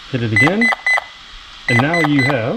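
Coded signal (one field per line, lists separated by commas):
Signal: none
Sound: RC speed controller beeps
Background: speech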